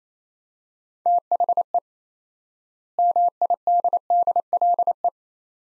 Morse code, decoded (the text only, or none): THE MIDDLE